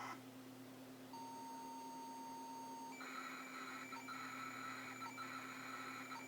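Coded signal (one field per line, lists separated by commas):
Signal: ZX Spectrum tape loading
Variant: turbo loader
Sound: a steady pilot tone for two seconds, then harsh buzzing data warble with brief dropouts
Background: hum and background hiss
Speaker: veis en este caso que tenemos una es una carga Turbo Esto no se podría haber cargado de ninguna manera con con dmc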